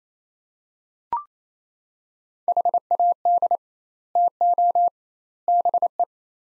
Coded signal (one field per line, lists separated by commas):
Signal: Morse code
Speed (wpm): 27 wpm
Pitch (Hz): 700 Hz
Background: none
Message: HAD TO BE